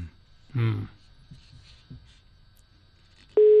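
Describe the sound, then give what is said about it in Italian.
A telephone ringback tone of an outgoing call, on its fourth ring, a steady mid-pitched electronic hum, cuts in abruptly and loudly at the very end, after a short vocal sound and some faint low rumbling. “quarto butta male, squillo, butta molto male.”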